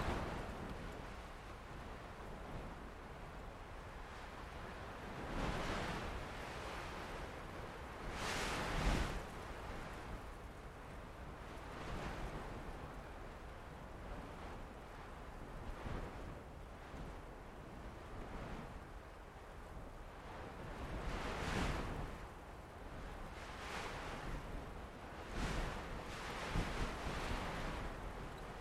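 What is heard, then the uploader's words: Wind blows steadily through sagebrush with a constant low rumble underneath. Stronger gusts rush in every few seconds, near 6, 9, 16, 22 and 26 seconds, each a brief bright hiss that swells and fades like breaking surf. Sagebrush Wind. A blend of a lower, focused, and steady placement and a higher, unsteady, chaotic placement, they form a nice blustery image. In the foothills above Ellensburg, WA. The downslope wind that shoots through from Spring through Autumn, pressurized by Stampede Pass. That's where I set my mics, inhabiting a large bush.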